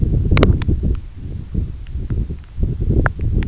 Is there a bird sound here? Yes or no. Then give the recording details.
no. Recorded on Arctic tundra, site EABA-1, on 21 June 2018. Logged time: 16:00